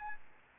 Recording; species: mosquito wingbeat signal from an infrared sensor; Aedes albopictus